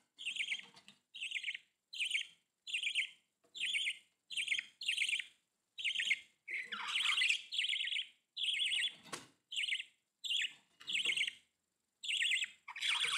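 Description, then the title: Budgerigar chatter, a rapid run of buzzy chirped notes, nearly continuous with short pauses, some louder scratchy squawks mixed in. "Budgie Sounds"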